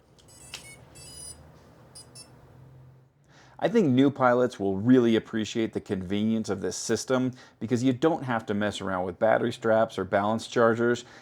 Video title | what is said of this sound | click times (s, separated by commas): iFlight Defender 20 DJI O4 Lite - Best beginner FPV drone of 2025? | and they click right into the drone which turns it on and off like this | 0.2 s, 0.5 s